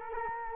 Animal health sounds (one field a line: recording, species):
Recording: mosquito wingbeat signal from an infrared sensor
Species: Culex quinquefasciatus